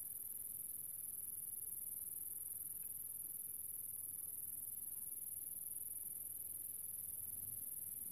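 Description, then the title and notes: Grasshopper call, a steady very high-pitched hiss that never pauses, over a faint low rumble. Recorded a few years ago in the countryside near the small town of General Alvear, under the summer sun, while filming a documentary. "Nature - Grasshopper. in a small town called General Alvear. I found myself in the middle of the countryside under the summer sun and this little grasshoper appeard"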